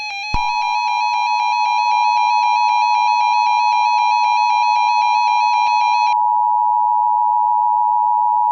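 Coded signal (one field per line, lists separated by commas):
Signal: Emergency Alert System (SAME) tones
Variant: 853 and 960 Hz attention tone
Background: music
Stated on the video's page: Simulated EAS scenario, a remastered recreation.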